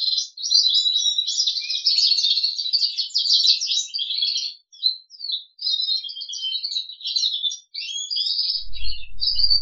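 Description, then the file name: Crested canary singing a dense, loud trilled warble that thins into shorter chirped phrases, with low thumping knocks near the end. "kenari jambul"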